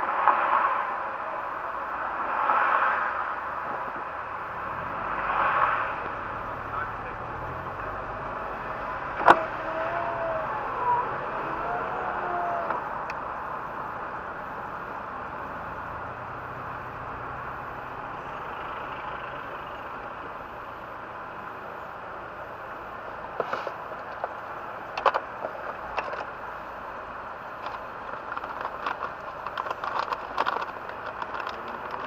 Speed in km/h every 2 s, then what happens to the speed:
3, 3, 6, 13, 13, 14, 12, 10, 13, 11, 4, 1, 1, 1, 1, 1.
0-11 speeds up to 14. 11-17 steady at about 12. 17-21 slows to 1. 21-32 standing.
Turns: none.